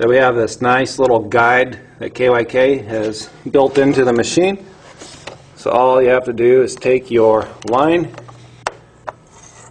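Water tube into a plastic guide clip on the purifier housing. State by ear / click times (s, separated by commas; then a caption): seated / 8.7 s. Someone talks while a plastic water tube is pressed into a molded plastic guide clip on the housing of a Coway P210N water purifier. A sharp snap at 8.7 s marks the tube seating in the clip, which then holds it in place.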